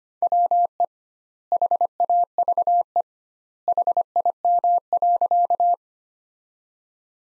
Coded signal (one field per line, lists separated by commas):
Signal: Morse code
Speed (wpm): 25 wpm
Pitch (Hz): 700 Hz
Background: none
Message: WE HAVE HIM.